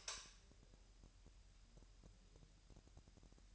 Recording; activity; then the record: daily activity, microphone in the room; light on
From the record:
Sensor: 2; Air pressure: 1001.7 hPa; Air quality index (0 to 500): 244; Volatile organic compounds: 34 ppm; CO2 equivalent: 3033 ppm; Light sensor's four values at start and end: 4/9/4/4 and 9/25/10/10